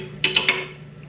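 A plastic cap on a toilet tank fill valve is lined up end-to-hole and turned until it clicks into place at 0.2 s. Three sharp clicks land at about 0.2, 0.4 and 0.5 s, the first the strongest, over a steady tonal background, followed by a faint tick near 1.0 s. The cap is seated.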